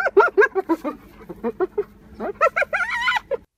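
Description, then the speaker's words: Hyena calls: a run of short, hoarse, giggling notes, then a pause, a few more notes and a wavering whoop followed by a final short note. Played as an example of a sound that is not a Tasmanian tiger. "If you hear this sound, that's a hyena."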